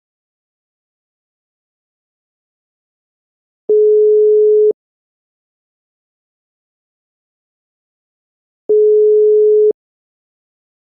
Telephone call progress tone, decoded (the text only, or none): ringback tone